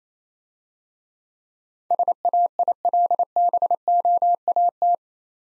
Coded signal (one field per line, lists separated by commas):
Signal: Morse code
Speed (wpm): 27 wpm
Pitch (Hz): 700 Hz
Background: none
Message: SAILBOAT